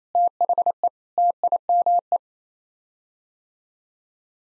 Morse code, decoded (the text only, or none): THE TIME